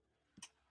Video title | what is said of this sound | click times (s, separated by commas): Rip Them Out The Plastic Got Them Feeling Brand New . We Are Same Same But Different Restaurants 📱 | Can hear it that it clicked in. | 0.4 s